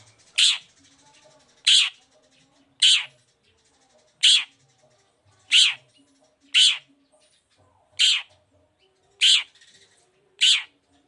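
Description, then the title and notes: Long-tailed shrike calls: a loud, harsh, scratchy note repeated at fairly even intervals, with little else heard. Morning singing with full variation of 'toet toet' notes, used as a lure to provoke other long-tailed shrikes to answer and join in. "Cendet Gacor Dor Di Kala Pagi Toet Toet Variasi Suara. Pancingan Emosi Cendet Gacor Full Variasi Toet Toet Bikin Nyaut Cendet Lain Langsung Ikutan Bunyi. Burung cendet"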